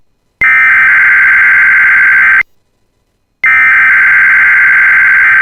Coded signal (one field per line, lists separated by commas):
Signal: Emergency Alert System (SAME) tones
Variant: header bursts